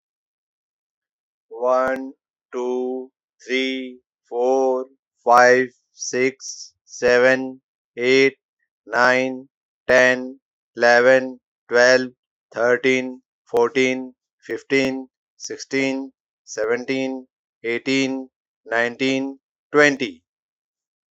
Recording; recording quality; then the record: counting at a normal pace; excellent, no background noise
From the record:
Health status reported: healthy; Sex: male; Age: 25 years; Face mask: not worn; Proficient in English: yes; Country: India